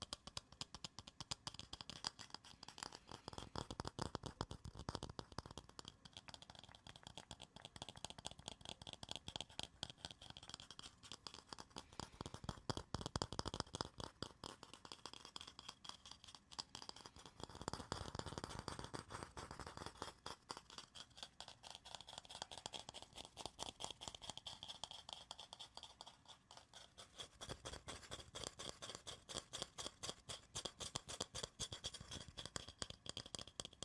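Fast, dense tapping runs almost without pause across the whole clip, a rapid rattling stream of small clicks. Heavier scratching swells come through around 4, 13, 18 and 28 seconds, adding a rougher, fuller texture beneath the steady bright ticking.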